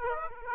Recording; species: mosquito wingbeat signal from an infrared sensor; Aedes aegypti